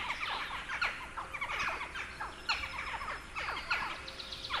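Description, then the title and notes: Western jackdaw calls: many short, clipped, squeaky notes given in quick, uneven clusters. "Naakka. Juha Laaksonen"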